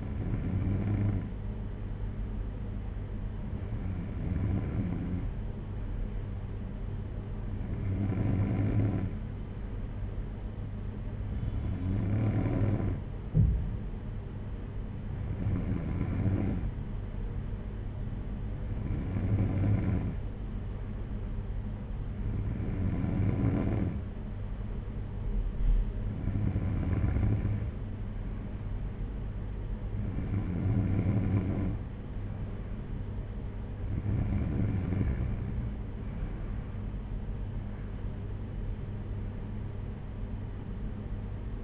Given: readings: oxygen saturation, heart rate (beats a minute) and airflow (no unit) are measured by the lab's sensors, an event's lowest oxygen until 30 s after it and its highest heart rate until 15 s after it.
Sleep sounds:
breathing in sleep by a smartphone at the bedside; none
none scored
From the record:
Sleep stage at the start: N2 (light sleep); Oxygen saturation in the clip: 94%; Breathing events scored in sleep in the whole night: 226 in 8.8 hours asleep

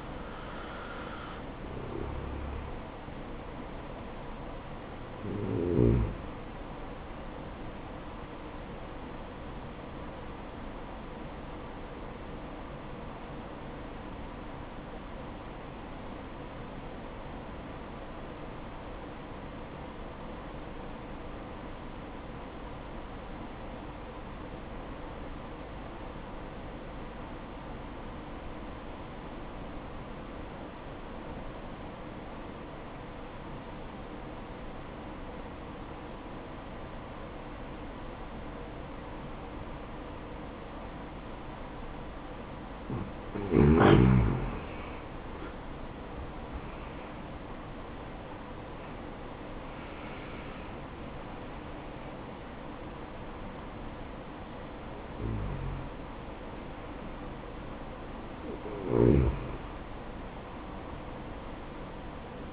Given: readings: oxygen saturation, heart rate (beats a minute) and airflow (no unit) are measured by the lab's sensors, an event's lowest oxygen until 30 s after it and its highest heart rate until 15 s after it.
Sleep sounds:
breathing in sleep by a voice recorder at the bedside; 1
11.00-46.70 s: obstructive apnea (N1, oxygen 96% highest, then 85% lowest, heart rate 64 at the start, 75 highest)
18.00-48.00 s: new sleep stage, N2 (light sleep)
48.00-62.53 s: new sleep stage, N1 (lightest sleep)
From the record:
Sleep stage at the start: N1 (lightest sleep); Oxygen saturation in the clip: 85 to 96%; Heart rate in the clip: 60 to 75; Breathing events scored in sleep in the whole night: 573 in 9.8 hours asleep

